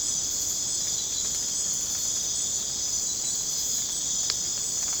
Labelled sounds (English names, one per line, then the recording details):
none
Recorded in dense forest near Puerto Asís, Putumayo, Colombia, on 25 June 2025 at 01:00
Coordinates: 0.486, -76.317
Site G065